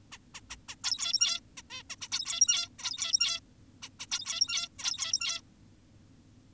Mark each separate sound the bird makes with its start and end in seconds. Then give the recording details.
0.12-0.18, 0.34-0.41, 0.50-0.56, 0.69-0.76, 0.84-1.40, 1.57-1.62, 1.70-1.83, 1.90-1.96, 2.01-2.08, 2.12-2.69, 2.79-3.40, 3.82-3.89, 4.00-4.06, 4.11-4.68, 4.79-5.41. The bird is an adult. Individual g17y2U